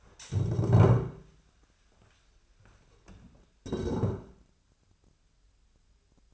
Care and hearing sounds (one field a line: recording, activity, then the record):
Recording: daily activity, microphone in the room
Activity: stand up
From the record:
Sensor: 2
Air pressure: 1015.1 hPa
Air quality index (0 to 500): 176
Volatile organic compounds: 11 ppm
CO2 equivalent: 2289 ppm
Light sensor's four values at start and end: 12/34/13/15 and 12/34/13/14